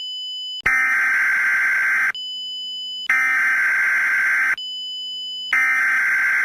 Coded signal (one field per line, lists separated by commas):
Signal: Emergency Alert System (SAME) tones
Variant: header bursts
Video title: Nuclear Contamination: An EAS Scenario